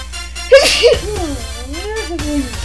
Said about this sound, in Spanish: Ay, permítame tantito que voy a estornudar.